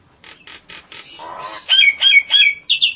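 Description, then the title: Nias hill myna song: soft clicks and a buzzy note give way to loud, ringing down-slurred whistles repeated quickly, then a brief high trill. "Jalak Nias"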